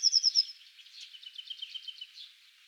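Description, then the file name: Eurasian blue tit calling: four quick, bright, high notes in the first half second, then a softer busy chatter of lower twittering that fades out. "Cyanistes caeruleus"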